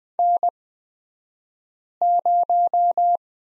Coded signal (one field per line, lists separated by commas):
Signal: Morse code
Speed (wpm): 20 wpm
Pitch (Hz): 700 Hz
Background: none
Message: N0